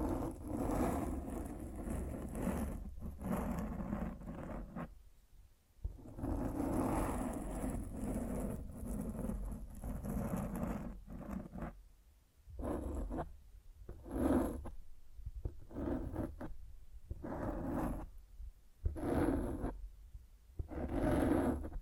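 Microphone scratching comes in rough, rumbling bursts of scraping and rubbing. Long stretches of it fill the first twelve seconds, then it breaks into shorter, irregular swipes separated by near-silent gaps, some ending in a brief bright hiss.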